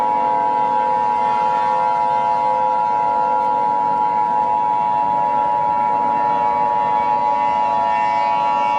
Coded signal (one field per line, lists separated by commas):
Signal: Emergency Alert System (SAME) tones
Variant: 853 and 960 Hz attention tone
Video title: EAS Mock #43 || Corruption Asteroid (My 18th BDay Special Video)